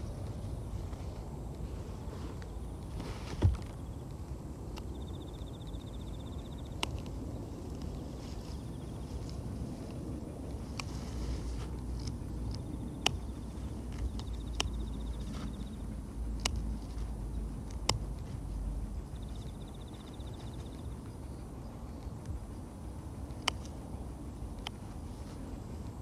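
Scissors snip weeds at the base among carrots, with sharp clicks every few seconds, around 3, 7, 13 to 18 and 23 seconds. A steady low rumble runs underneath throughout, and thin high tones, perhaps bird calls, appear briefly three times.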